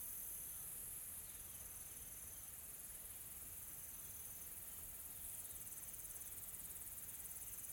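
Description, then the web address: Insect chorus as a constant high shimmering drone, steady throughout. Calm, soft insect ambience from a tropical forest in South Africa. "Smart Sound FX - Nature South Africa AMBIENCE Additional Tropical Forest Soft Insects Calm"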